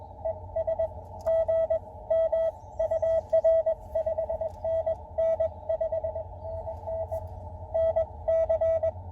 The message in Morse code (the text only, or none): ES GM UR 5NN 5NN NC